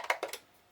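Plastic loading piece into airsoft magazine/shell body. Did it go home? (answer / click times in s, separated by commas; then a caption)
no / none. A plastic loading piece is pushed into the magazine or shell body of a G&G No.4 Lee Enfield airsoft rifle, meant to ratchet past detent points before locking. Three sharp ticks are heard at about 0.1, 0.2 and 0.3 seconds, then quiet. Nothing has seated or locked yet.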